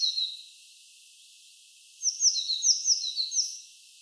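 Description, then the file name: Eurasian blue tit calls: a short high phrase at the start, then, after a pause, a quick run of sharp, high chirps. "Cyanistes caeruleus"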